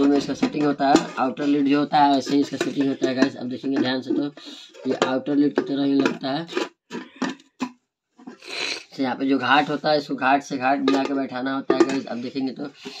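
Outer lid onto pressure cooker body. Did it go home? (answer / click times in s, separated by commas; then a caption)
no / none. Someone talks while lining up the aluminium outer lid of a 5-litre Pigeon All in One Super Cooker (induction and gas stove compatible) on the pressure cooker body, matching groove to groove before pressing it down. Only faint handling sounds are heard, briefly around 7.4 s and 8.3 s. Nothing has locked or clicked yet.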